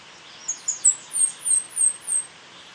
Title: LuckyPassaro Completos2Sama. Sao Francisco Sparrow (Arremon franciscanus)